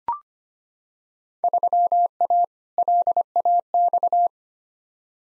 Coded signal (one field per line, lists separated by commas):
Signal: Morse code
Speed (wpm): 25 wpm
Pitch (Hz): 700 Hz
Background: none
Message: 3A LAX